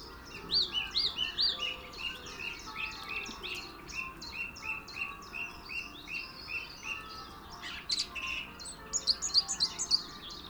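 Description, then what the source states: Song thrush song, a dense run of bright, varied whistled and chirpy phrases, several repeated in quick succession, over a soft background hiss. Male singing.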